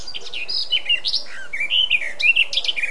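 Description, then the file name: Eurasian blackcap song: a fast, continuous warble of varied chattering and fluty notes that rise and fall without a break through the whole stretch. "Sylvia atricapilla"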